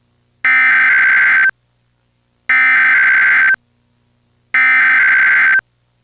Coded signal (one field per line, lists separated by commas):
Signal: Emergency Alert System (SAME) tones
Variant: header bursts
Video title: eas mock: why can’t i call 911?